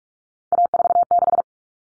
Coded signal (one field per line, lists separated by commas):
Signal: Morse code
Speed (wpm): 44 wpm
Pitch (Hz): 700 Hz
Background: none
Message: A46